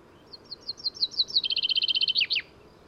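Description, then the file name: Common chaffinch singing a rattling phrase: spaced high notes, then a fast even trill, finished with a downslurred flourish near the end. "Fringilla coelebs"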